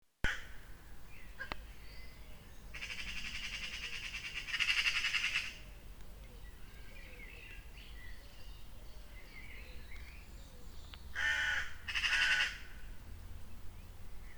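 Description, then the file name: Raven giving two bouts of harsh, noisy calls several seconds apart, with faint chirps of other birds in the background. Recorded in a palace park. "Vogel und Rabe Schlosspark"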